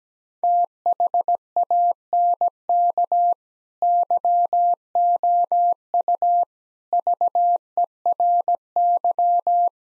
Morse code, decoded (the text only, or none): THANK YOU VERY